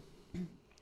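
Brief low gurgling rumble, about a tenth of a second: a normal hunger stomach growl from an adult at lunchtime, in a quiet room.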